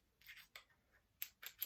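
The tongue of a Microtech tactical belt buckle is pushed toward the buckle body, with brief rustling scrapes and a few sharp taps and rattles around 0.6, 1.2, 1.5 and 1.6 seconds. The clip ends while the parts are still being handled, and nothing has seated or clicked yet.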